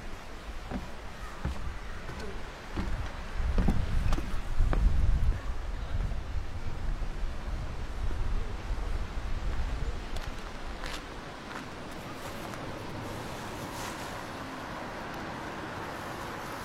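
Walking along a wooded path in the wind, with rough low gusts buffeting loudly between about three and six seconds. Scattered footsteps and rustles crunch through. After roughly eleven seconds the wind eases into a steadier, softer rushing hiss like water.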